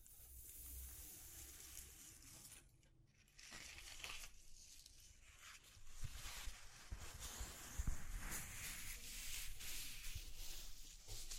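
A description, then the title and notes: Exploring textures: dense crackling, tearing and crumpling noises, quieter near three seconds, then growing busier and louder with sharp crunches after six seconds. ASMR Exploring Textures (No Talking).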